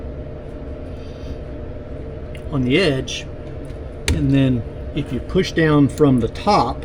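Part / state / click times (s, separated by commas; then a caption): metal brake pad clip into boat trailer brake caliper bracket / not seated / none. A new metal brake pad clip is set on the edge of a boat trailer brake caliper bracket and lined up, ready to be pushed down, over a steady low hum while someone talks, with one faint brief tap at about 2.4 seconds. The clip has not been pushed down and has not clicked into place yet.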